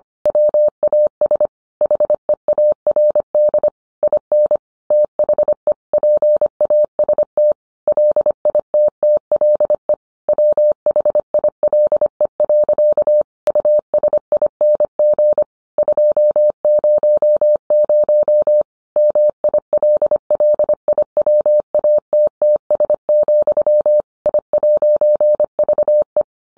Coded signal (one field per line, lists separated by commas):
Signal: Morse code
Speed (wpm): 25 wpm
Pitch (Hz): 600 Hz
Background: none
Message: WAS HEARD IN THE PAST LITTLE WHILE. USING 200 MILLIWATTS, I'VE